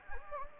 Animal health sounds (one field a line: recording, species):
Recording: mosquito wingbeat signal from an infrared sensor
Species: Anopheles gambiae